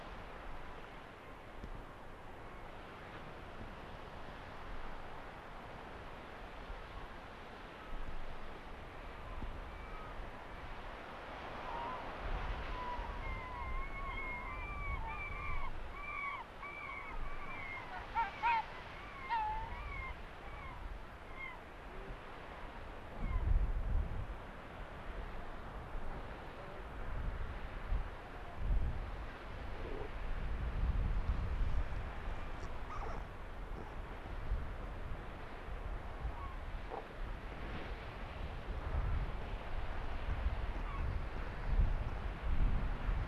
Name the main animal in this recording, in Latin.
Vulpes lagopus